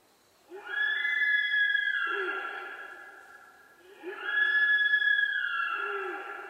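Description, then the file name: Sika deer calling twice: long, clear, whistle-like notes, each held level and then dropping in pitch at the end. Japan, 23 October 2011, 16:13. "nihonjika-20111023"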